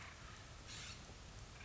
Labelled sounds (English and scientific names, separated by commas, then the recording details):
California Scrub-Jay (Aphelocoma californica)
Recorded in Sonoma County, California